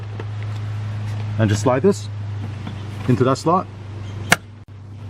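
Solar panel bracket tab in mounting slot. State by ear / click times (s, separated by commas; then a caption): seated / 4.3 s. Someone talks while the plastic bracket of a solar panel mount is slid into its slot above LED lights until a tab at the top snaps in place. One sharp, loud click sounds at 4.3 s over a steady low hum, and the bracket tab is seated in the mounting slot.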